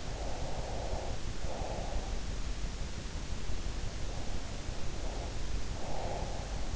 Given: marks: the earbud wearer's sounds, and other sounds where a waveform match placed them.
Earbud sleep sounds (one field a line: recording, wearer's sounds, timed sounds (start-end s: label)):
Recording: sounds in sleep by an in-ear microphone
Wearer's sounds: breath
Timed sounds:
0.04-2.27 s: breath
4.08-6.76 s: breath